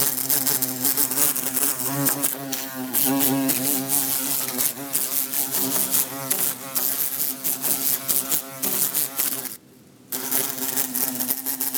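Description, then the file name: Bumblebee buzz, loud and continuous with wavering pitch and many quick tapping knocks, breaking off into near silence briefly before resuming. Bumblebee trying to escape through a closed window. "Bumblebee trying to escape thru closed window"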